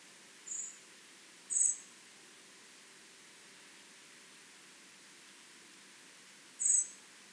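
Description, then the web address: Common blackbird giving three brief, very high, thin notes: two close together early on, then a third after about five seconds of quiet. "SETE data Turdus merula"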